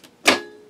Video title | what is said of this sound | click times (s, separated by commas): My Big Surprise, Unboxing my Brother SE625 Embroidery Sewing Machine | it just clicks right in place so there's the | 0.3 s